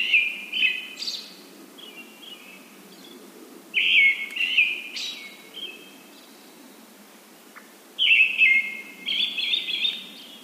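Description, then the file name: Brown-headed thrush repeating whistled phrases about every four seconds, two or three mellow notes each followed by a thin, higher buzzy ending. "akahara"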